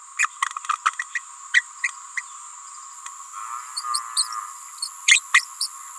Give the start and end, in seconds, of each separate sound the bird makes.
0.18-0.27, 0.69-0.77, 0.99-1.04, 1.15-1.21, 1.53-1.62, 1.83-1.91, 2.17-2.22, 3.76-3.83, 4.16-4.29, 4.82-4.89, 5.06-5.21, 5.33-5.46, 5.60-5.68